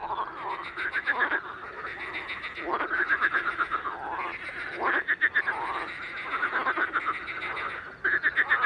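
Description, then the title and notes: Marsh frogs calling together, a continuous stream of quick pulsed croaks and chuckling rattles from several frogs at once. Many calling in intense activity at a small pond, evening of 11 May 2019, rain all day, cool 14°, recorded with a Nagra Seven and MKH40 on a boom. "Soirée aux Grenouilles rieuses. 11 mai 2019-Étang de Beaumont - pluie - 14°. le chant des grenouilles rieuses"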